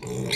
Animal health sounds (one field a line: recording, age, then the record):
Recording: pig call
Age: weaner (32 to 43 days)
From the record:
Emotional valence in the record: negative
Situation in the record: novel object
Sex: female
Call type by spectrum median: low-frequency call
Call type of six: mixed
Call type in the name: high-frequency modulated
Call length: 0.36 s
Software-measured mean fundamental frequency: 177 Hz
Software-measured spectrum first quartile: 281 Hz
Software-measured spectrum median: 1640 Hz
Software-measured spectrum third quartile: 3844 Hz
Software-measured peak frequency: 423 Hz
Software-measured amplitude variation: 96 dB a second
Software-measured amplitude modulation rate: 30.5 a second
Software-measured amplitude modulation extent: 3.2 dB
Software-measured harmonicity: 6.8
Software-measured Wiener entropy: -3.31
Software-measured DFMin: 1021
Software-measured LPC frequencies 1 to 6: 446, 2157, 3574, 4057, 5930, 7228 Hz